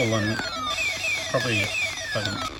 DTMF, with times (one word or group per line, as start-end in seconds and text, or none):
none